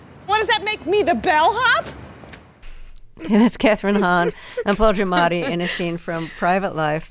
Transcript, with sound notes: What does that make me, the bellhop?
That's Kathryn Hahn... (Laughter) ...And Paul Giamatti in a scene from "Private Life."